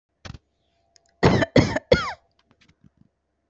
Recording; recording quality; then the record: shallow voluntary cough; moderate, slight background noise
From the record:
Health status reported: respiratory illness, not identified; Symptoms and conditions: diabetes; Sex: female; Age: 32 years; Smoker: not ticked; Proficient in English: yes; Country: India